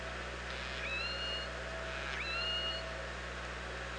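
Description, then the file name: Orca calls: two matching calls about one and a half seconds apart, each a brief upward sweep into a long level tone, over soft hiss and low hum. Recorded at OrcaLab on 24 August 2017, around 07:46. "Orca Lab UTLN JASON 20170824 074610"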